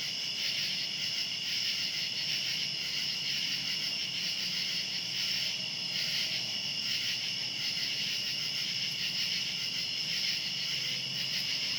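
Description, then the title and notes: Cicadas keep up a constant high-pitched buzzing chorus. Cicadas recorded outdoors at night. "Ext. Cicadas, Night by Bandeto"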